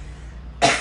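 Quiet room tone, then one abrupt, harsh cough burst from an adult near the end.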